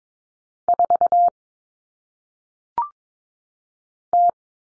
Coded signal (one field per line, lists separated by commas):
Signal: Morse code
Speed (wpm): 22 wpm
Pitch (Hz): 700 Hz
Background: none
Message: 4 T